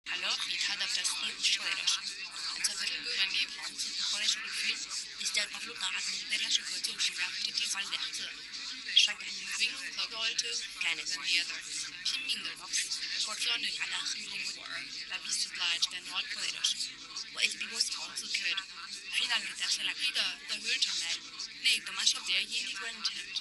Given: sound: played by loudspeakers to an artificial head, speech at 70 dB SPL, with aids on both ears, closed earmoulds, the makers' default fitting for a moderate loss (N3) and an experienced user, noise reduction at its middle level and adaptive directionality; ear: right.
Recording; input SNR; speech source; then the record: speech test signal (ISTS) in cocktail-party noise; -3 dB; on the right (90 degrees)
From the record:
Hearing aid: class 2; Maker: H